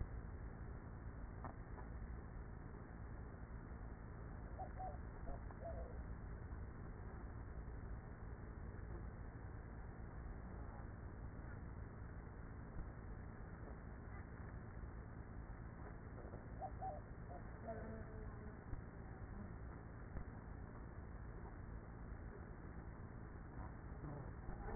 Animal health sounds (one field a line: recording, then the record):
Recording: honeybee colony, microphone inside the hive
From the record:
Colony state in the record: queenless with a low population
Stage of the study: after two queens were removed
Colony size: about 30,000 bees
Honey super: no